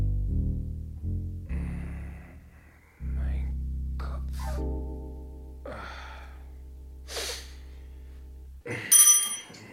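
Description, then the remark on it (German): A bell rings to summon a servant: sustained, resonant tones over a low steady hum, with several bright, brief ringing strikes and a louder jangle near the end. “Haben geklingelt?”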